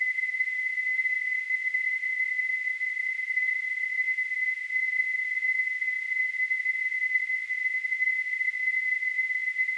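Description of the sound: A steady, unbroken high-pitched whistle sits over a soft hiss for the full ten seconds, with no change in pitch or loudness. It is a simulated tinnitus sound, the kind of constant ringing tone heard in the ears without any outside source.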